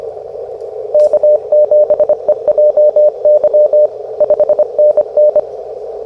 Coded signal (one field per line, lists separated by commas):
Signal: Morse code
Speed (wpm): 23 wpm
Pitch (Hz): 600 Hz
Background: radio noise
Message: K7EJY 5NN